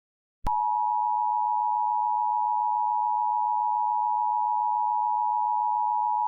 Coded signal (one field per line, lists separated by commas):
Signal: Emergency Alert System (SAME) tones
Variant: 853 and 960 Hz attention tone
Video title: EAS Mock: A Severe Thunderstorm Warning? In Oregon?